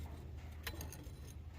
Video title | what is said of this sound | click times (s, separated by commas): 1954 GMC COE Factory Springs back in for clearence, installed the parking brake cables | and then it kind of like clicks into place | 0.7 s